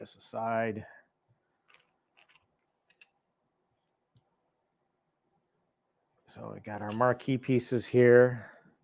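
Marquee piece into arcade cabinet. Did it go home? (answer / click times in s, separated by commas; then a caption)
no / none. Someone talks while handling marquee pieces for an arcade cabinet, the piece meant to be fitted with its slotted edge facing the front. Faint, brief taps and clicks come between about 1.7 and 3.0 s in the quiet gap between the talking. Nothing has snapped into place or clicked home yet.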